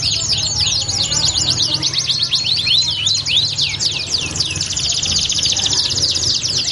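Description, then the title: Belgian canary in rapid high song, quick slurred notes packed into rolling trills that run without pause. Song played to warm up canaries and prompt them to sing; said to make canaries join in within seconds. "Canto Para Esquentar Canário Belga. LANGSUNG NYAUT. Pancingan suara kenari hitungan detik langsung ikut bunyi"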